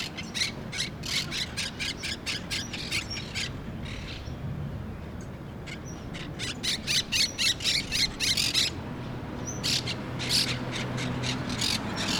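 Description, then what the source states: Monk parakeet calls: rapid runs of harsh, grating squawks in bursts, with a brief lull before the chatter resumes. Parrots in Brooklyn.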